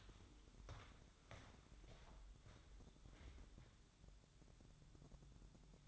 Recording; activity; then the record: daily activity, microphone in the room; walk to room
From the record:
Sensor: 3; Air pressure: 1008.2 hPa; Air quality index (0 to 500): 134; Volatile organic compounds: 2 ppm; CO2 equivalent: 1108 ppm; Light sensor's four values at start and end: 10/24/10/9 and 10/24/10/9